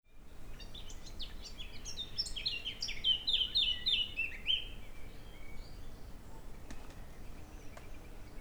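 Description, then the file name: Eurasian blackcap giving one lively warbled phrase of quick, bright notes that builds and then stops, leaving steady background noise and faint chirps. "Sylvia atricapilla"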